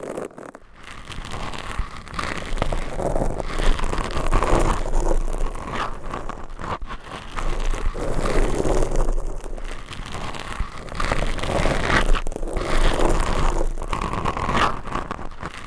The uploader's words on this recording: Binaural Mic Scratching. Brain Scratching with 10 Mics.